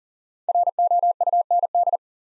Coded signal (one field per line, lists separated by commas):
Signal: Morse code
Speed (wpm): 39 wpm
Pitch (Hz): 700 Hz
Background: none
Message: ROUND